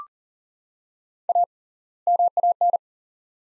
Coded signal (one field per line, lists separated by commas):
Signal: Morse code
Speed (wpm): 40 wpm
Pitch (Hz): 700 Hz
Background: none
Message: A MAN